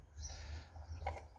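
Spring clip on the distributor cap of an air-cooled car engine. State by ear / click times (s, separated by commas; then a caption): seated / 1.1 s. A spring clip on the distributor cap of an air-cooled VW Beetle engine is turned into place and snaps shut with a small, sharp click at 1.0 s. The clip seats home, over a low background hum.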